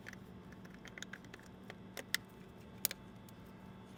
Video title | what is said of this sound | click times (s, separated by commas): S&B - Intake Elbow for 2019-24 6.7L Cummins *Prevent that OE Grid Heater Bolt Failure Point* | that clicks in. | 2.1 s, 2.8 s